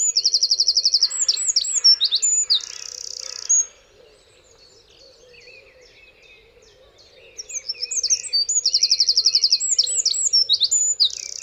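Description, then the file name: Eurasian wren song: a burst of fast, high, rattling trills, a pause of several seconds, then another energetic trilled phrase, with a constant low hum beneath. "Troglodytes troglodytes"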